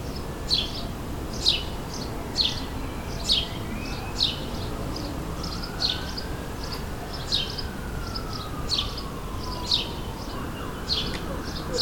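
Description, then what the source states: Sparrow chirps about once a second, while a smooth tone rises and then falls in pitch in the background. Several sparrows in a suburban setting, ambient sound, May 2022.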